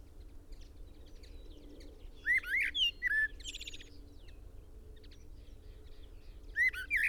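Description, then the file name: Common blackbird song: two fluted, warbled phrases near the middle and end, each ending in thin, squeaky twitters, over a steady low hum. "Turdus merula"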